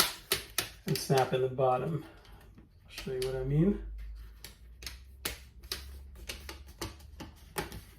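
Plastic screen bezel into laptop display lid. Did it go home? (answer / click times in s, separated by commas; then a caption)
partly / 5.3 s, 5.7 s, 6.8 s, 7.6 s. Someone talks while the plastic screen bezel of a Lenovo IdeaPad 5 15IIL05 laptop is pressed back onto the display lid, and sharp snap clicks are heard at 5.3, 5.7, 6.8 and 7.6 seconds. The bezel clips snap in only partly, leaving a gap where one section still needs to be snapped back in.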